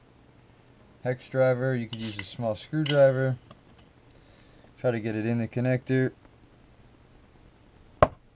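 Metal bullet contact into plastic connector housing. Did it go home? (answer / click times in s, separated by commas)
yes / 8.0 s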